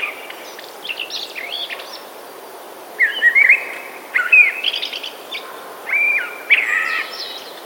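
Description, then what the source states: Common blackbird song: warbled, fluty phrases of a few seconds each, separated by pauses, with high thin twittering notes and steady background hiss. Recorded 28 January 2018.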